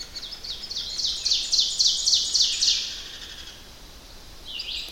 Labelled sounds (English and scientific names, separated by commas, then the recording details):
Ovenbird (Seiurus aurocapilla) song
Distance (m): 30 m
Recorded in boreal forest in Alberta, Canada, on 10 June 2016 at 07:55
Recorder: SongMeter 3, array SBT-3-39
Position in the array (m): 217 m, 172 m
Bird 17